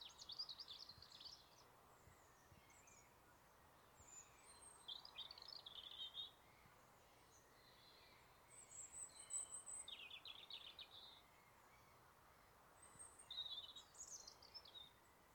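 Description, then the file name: European robin singing short bursts of high, thin twittering and trilling phrases separated by pauses, over a steady low background hum. "Erithacus rubecula"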